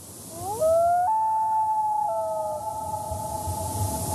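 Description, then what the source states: Common loon wailing, a mournful note that climbs in steps, then holds a long steady tone that drops slightly partway through. Song described as haunting and wolf-like; species breeds along lake shores from the northern U.S. to Canada.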